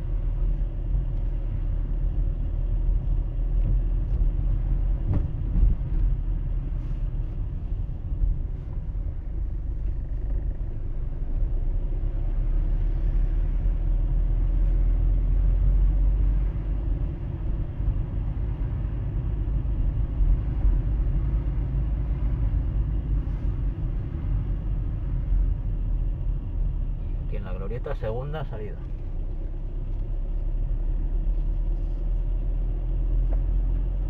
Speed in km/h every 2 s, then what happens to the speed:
18, 18, 19, 14, 9, 14, 18, 21, 23, 24, 25, 23, 18, 15, 15, 17, 20.
4-9 slows to 9. 9-15 speeds up to 23. 19-26 slows to 15.